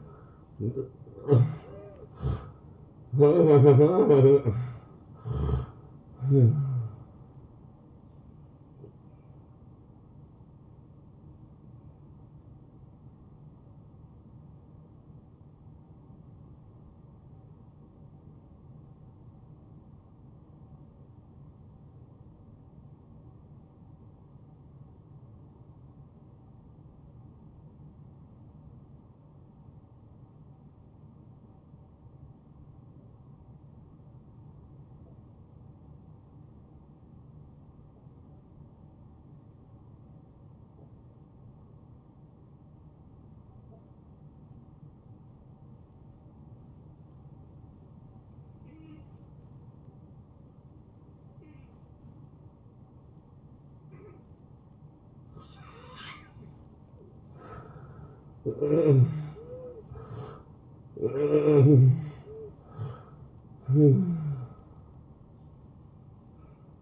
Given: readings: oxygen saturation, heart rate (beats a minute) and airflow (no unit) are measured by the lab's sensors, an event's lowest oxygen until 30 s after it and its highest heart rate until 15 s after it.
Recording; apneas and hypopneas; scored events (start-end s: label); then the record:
breathing in sleep by a smartphone at the bedside; 1
13.00-56.90 s: hypopnea (N1, oxygen 95% highest, then 78% lowest, heart rate 83 at the start, 86 highest)
38.00-66.82 s: new sleep stage, N2 (light sleep)
From the record:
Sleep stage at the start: N1 (lightest sleep); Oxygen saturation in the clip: 77 to 95%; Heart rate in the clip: 65 to 88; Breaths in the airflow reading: 8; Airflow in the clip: -22.5 to 10.4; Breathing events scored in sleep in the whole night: 263 in 5.5 hours asleep